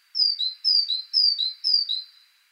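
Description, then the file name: Great tit giving crisp paired notes, high then lower, four times in a steady rhythm. "Parus major"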